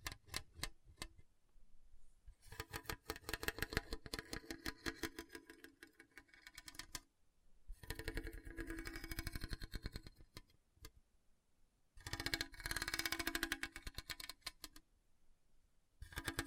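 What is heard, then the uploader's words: Rasping scratches drag across a hard, bumpy surface in dense bursts of rapid clicks, separated by short quiet pauses near 2, 7 and 12 seconds. ASMR Hard and Bumpy Surface Scratching (No Talking).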